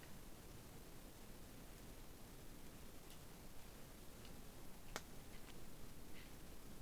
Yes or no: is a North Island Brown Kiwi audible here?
no